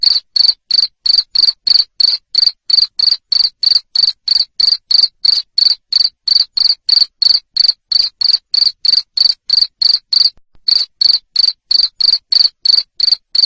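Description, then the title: Cricket chirps continuously in quick, regular bursts, roughly three a second, with a single brief gap late on. Loud cricket chirping, used to stimulate lovebirds to sing continuously. "Suara JANGKRIK NGERIK Keras Bikin LOVEBIRD Jadi NGEKEK Terus Vubey"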